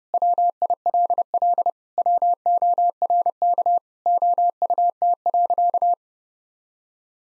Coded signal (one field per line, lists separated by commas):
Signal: Morse code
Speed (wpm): 30 wpm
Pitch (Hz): 700 Hz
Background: none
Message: WILL WORK OUT.